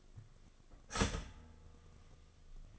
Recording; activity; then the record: daily activity, microphone in the room; start toaster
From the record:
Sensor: 4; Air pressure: 1005.0 hPa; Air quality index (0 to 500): 186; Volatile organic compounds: 5 ppm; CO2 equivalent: 1828 ppm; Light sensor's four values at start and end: 18/61/23/21 and 17/56/21/20